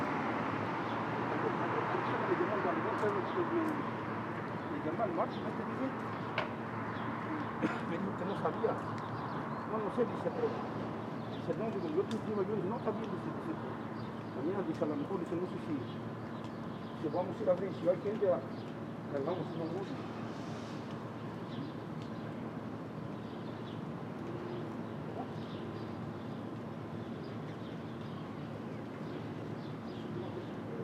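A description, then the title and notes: Steady street traffic hum at dawn in Brooklyn, with a low constant drone, scattered bird chirps, and brief louder bursts around seventeen seconds. Brooklyn Dawn, 4 - 17 - 20, Street Traffic II.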